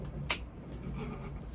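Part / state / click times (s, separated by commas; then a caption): accessory piece into a collectible action figure / seated / 0.3 s. An accessory part is pressed into its mount on a collectible action figure. A single sharp snap sounds at 0.3 s over a quiet background, and the part is seated in place.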